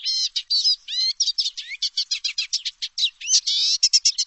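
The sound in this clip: Bird singing a fast, high-pitched stream of varied chirps, trills and twittering slurred notes, almost continuous throughout.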